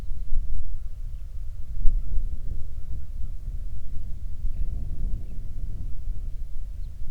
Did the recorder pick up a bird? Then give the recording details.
yes. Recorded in the Prudhoe Bay oil fields, Alaska, on 31 July 2019 at 07:46. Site 24